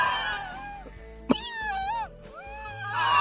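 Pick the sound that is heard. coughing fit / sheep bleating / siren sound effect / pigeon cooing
coughing fit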